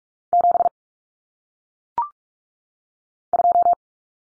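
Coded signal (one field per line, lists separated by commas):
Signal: Morse code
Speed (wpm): 44 wpm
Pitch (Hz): 700 Hz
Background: none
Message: 7 2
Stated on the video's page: Head-copy drill of common single-digit cut numbers at 45 wpm, with T, A, N for 0, 1, 9, each sent in Morse, spoken, then sent again.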